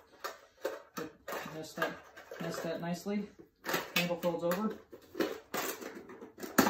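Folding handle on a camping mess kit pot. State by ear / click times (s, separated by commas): seated / 6.6 s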